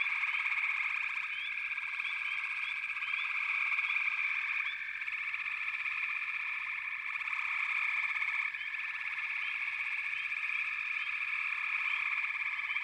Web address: The Natural Sounds of the Wilderness 10 CDs collection Echoes of Nature - Frog Chorus